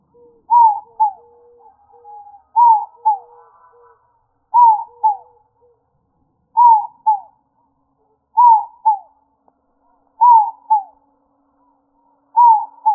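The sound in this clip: Inca dove cooing in downward-slurred double notes about every two seconds, with a lower, steady tone early on.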